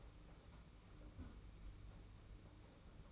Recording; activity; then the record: daily activity, microphone in the room; close fridge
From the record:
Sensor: 1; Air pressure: 991.8 hPa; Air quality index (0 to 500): 205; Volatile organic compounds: 1000 ppm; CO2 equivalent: 7933 ppm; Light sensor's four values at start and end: 28/100/38/39 and 28/100/38/39